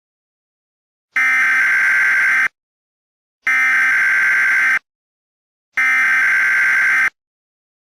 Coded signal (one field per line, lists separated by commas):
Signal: Emergency Alert System (SAME) tones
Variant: header bursts